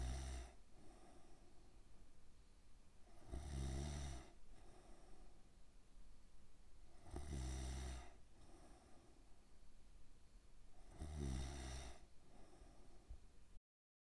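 Low-pitched snoring from an adult sleeper, with three loud snores about four seconds apart and quieter breathing between them.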